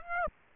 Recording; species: mosquito wingbeat signal from an infrared sensor; Aedes aegypti